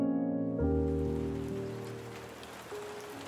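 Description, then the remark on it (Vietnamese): A steady hiss of heavy pouring rain falling on a road sets in after a brief moment, blending with sustained low musical tones that hold and slowly fade beneath it. “Cơn mưa xối xả đổ xuống khiến cho con đường trở nên tối mờ.”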